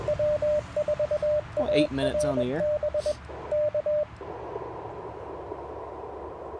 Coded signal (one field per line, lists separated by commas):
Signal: Morse code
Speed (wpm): 21 wpm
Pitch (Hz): 600 Hz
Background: speech, radio noise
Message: W4ARB K